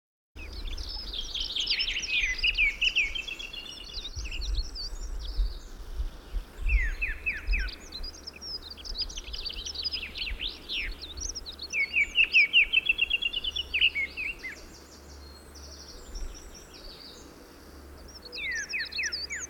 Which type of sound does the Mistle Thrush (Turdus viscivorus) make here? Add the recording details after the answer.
song. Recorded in the wild. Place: Sibiu, Transilvania, RO. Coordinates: 45.803, 24.145. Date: 1976-05-20. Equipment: Nagra III BH, Sennheiser MD 21, parabola. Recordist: Schubert, Michael. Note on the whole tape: Gesang Misteldrossel, besondere Strophenart